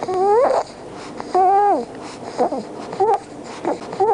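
Stridor in a child: a high-pitched, musical, harsh breathing noise heard with repeated breaths.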